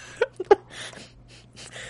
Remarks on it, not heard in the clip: We have Mr. Hiccup in the engineer booth. Sounds like a frog. I'm still going to hear the damn hiccups. They're really loud. It sounds like a whale dying.